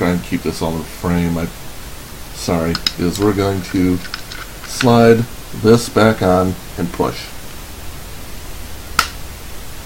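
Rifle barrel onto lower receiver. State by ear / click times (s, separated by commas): seated / 9.0 s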